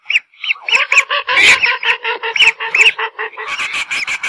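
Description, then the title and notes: Whistling duck giving a steady series of short, harmonic whistled notes in quick succession, some sharper and brighter, becoming denser and buzzier toward the end. "Kicau Burung Belibis"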